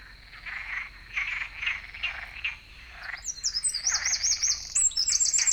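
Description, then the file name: Eurasian wren: a high, quick, trilling song of repeated notes in the second half, after a stretch of rasping croak-like pulses. "Troglodytes troglodytes"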